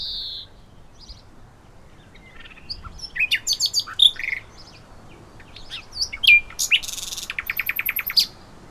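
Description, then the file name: Common nightingale song with scattered, varied phrases: high whistles, short chips and buzzy notes, ending in a quick run of repeated notes. "Luscinia megarhynchos"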